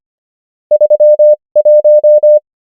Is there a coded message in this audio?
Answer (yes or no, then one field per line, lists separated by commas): yes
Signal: Morse code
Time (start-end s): 0.7-2.4 s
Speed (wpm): 25 wpm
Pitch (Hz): 600 Hz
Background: none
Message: 3 1